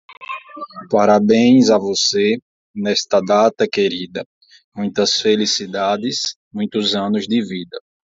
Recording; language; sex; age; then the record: short text; Brazilian Portuguese; male; 20 to 29 years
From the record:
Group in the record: control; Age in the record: 26 years